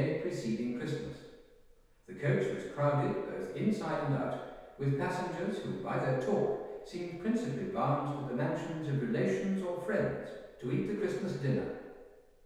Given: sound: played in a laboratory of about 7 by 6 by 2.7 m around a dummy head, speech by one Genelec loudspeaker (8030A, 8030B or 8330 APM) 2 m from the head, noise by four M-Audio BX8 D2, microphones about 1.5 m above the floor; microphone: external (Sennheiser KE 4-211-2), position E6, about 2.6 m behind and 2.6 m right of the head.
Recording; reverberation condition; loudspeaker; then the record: male speech in English; high; 90 degrees to the left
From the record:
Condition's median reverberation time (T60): about 1300 ms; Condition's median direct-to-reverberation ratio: about -4.0 dB